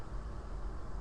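A rubber 3-D jigsaw puzzle piece, the plug on the headpiece, is handled as it is about to be pushed into the puzzle head. Only a steady, low rumbling background noise is heard, with no distinct click. Nothing has seated or clicked yet.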